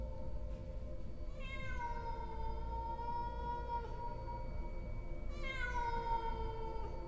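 A cat as big as a calf, sitting in a yard on a still, dark night, gives a low throaty growl, then lets out two long, rising, drawn-out yowling meows over a steady low rumble, with no talking.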